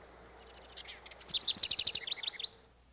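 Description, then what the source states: House Wren: a few thin high notes open the phrase, followed after a brief gap by an energetic, rapid, gurgling trill sequence. Sings in spring in the northern part of the state, sometimes before migrating north to its summer home.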